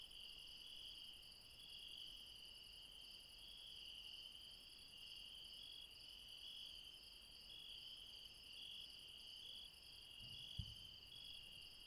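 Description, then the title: Insects keep up a constant high pulsing trill in layered tones; one brief low knock near the end. Late night in the mountains at Refuge Krevatia, Barbala, Dion, Greece. "Refuge Krevatia, Μπαρμπαλά, Dion 601 00, Greece - Late night mountain insects"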